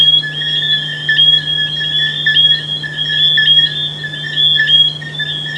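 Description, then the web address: Frogs chorusing with overlapping high, clear notes, sustained throughout, over a steady low hum. "humbot audio frogs"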